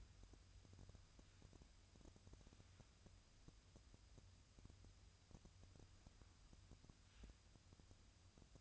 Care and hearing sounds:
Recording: daily activity, microphone in the room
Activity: wipe stove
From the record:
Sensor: 2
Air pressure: 1004.7 hPa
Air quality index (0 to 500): 73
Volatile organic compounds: 1 ppm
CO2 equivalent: 860 ppm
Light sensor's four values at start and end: 7/16/7/7 and 7/16/7/7

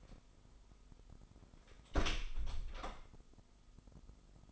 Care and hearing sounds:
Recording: daily activity, microphone in the room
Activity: close door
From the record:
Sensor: 5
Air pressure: 996.2 hPa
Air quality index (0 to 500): 37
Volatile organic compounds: 1 ppm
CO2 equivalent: 613 ppm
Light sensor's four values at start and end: 43/100/42/44 and 43/101/42/44

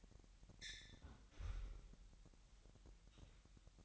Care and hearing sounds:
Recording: daily activity, microphone in the room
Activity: close fridge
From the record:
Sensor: 3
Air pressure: 1001.9 hPa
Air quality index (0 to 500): 243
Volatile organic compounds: 47 ppm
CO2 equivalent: 3258 ppm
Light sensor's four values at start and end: 12/36/16/13 and 12/36/16/13

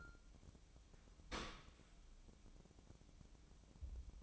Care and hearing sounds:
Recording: daily activity, microphone in the room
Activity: open dishwasher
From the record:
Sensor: 1

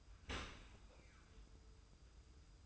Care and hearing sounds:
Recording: daily activity, microphone in the room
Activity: open dishwasher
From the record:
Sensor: 2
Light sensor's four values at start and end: 25/60/24/24 and 25/60/24/24

